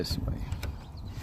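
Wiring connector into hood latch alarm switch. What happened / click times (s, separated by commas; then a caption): The connector is being handled but has not yet seated / none. The electrical connector for the hood latch alarm switch on a 2011 Land Rover is being handled and reconnected, with someone talking over low rumbling handling noise and a brief broadband tick near 0.6 s. The connector has not yet snapped or seated; nothing has clicked home in this clip.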